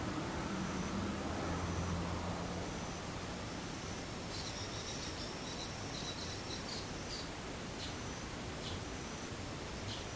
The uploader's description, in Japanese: 無音ムシ昼